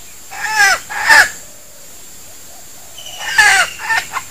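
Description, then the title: Junglefowl giving two short harsh calls, a quiet gap of about two seconds, then more clipped calls. Female junglefowl; decoy bird, called denak in Malay. "Suara Ayam Hutan Betina. SUARA DENAK AYAM HUTAN"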